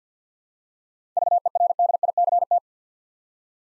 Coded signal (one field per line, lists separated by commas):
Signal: Morse code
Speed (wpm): 50 wpm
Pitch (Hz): 700 Hz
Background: none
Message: VERDICT